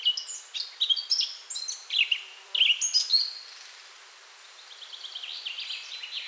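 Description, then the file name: Eurasian blackcap song: quick warbled phrases with clear whistled notes over the first four seconds, then a quieter trailing twitter amid background hiss. "Sylvia atricapilla"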